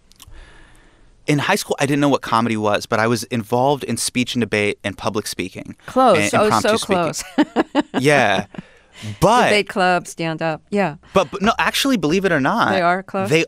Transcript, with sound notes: In high school, I didn't know what comedy was, but I was involved in speech and debate and public speaking and impromptu speaking...
Close. Oh, so close (laughter).
Yeah. But...
Debate club, stand-up, yeah.
But - no, actually believe it or not...
They are close?